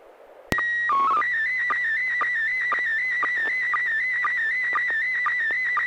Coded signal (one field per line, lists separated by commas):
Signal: SSTV (slow-scan television)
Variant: PD 120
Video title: N6NA SSTV Net - 02/09/2022